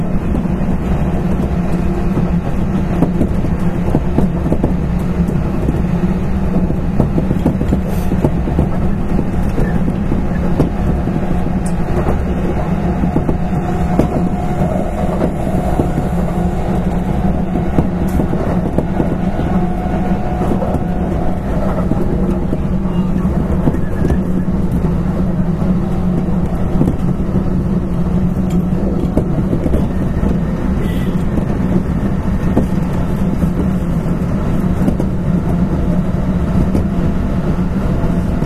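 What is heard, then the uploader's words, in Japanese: Running sound recorded aboard an electric commuter train on an express service. A steady, dense low rumble and motor drone fill the whole recording at an even level, with faint clicks and rattles of wheels over rail joints scattered throughout. 近畿日本鉄道1220系列電車の走行音です。奈良線の急行列車にて収録しました。区間は、大和西大寺から大阪難波までです。奈良線急行 大和西大寺から大阪難波まで。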